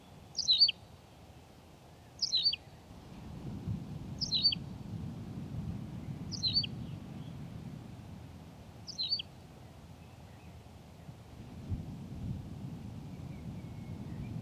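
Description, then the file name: Tawny pipit song of five brisk, chirped phrases spaced about two seconds apart, then a quiet stretch with low background rumble. "Pipit rousseline Anthus campestris"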